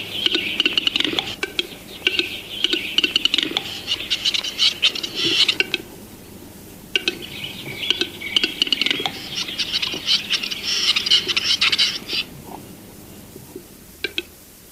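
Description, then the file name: Western Capercaillie display song: dry clicks and hissing, scraping phrases in two bouts of about five seconds, separated by a short pause. "Gallo cedrone (Tetrao urogallus)"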